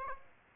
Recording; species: mosquito wingbeat signal from an infrared sensor; Aedes aegypti